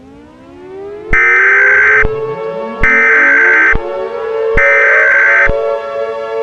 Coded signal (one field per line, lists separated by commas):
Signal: Emergency Alert System (SAME) tones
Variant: header bursts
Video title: Nature's Revenge - An EAS Scenario